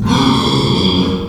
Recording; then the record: squeal of a Yucatan mini pig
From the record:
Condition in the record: after surgery on the right vocal fold (resection and tissue-engineered implant); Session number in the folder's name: 17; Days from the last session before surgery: 195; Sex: female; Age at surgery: 19 weeks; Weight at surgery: 25 kg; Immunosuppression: prednisolone